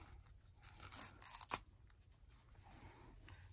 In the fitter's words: we go there we go you push it until you hear the click